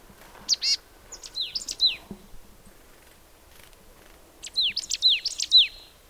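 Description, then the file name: Marsh tit giving high, sharp notes in two bursts separated by a pause. "Poecile palustris"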